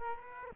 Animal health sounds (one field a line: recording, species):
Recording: mosquito wingbeat signal from an infrared sensor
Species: Aedes aegypti